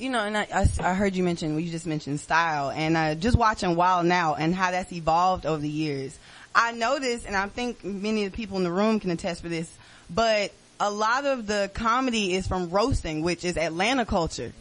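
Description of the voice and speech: A woman speaks in a relaxed, conversational voice at mid pitch, with smooth phrasing and only a few short pauses between thoughts. Articulation is clear and fluent, with no repeats, blocks or unusual voice quality. This is typical adult speech.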